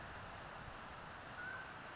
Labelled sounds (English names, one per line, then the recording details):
Mountain Quail
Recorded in Sonoma County, California